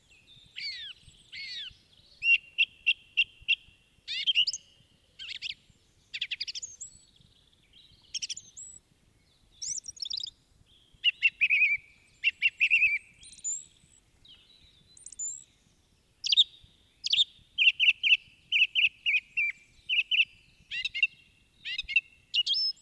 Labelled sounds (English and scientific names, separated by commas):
Song Thrush (Turdus philomelos) song